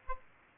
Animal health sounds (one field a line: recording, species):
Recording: mosquito wingbeat signal from an infrared sensor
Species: Aedes aegypti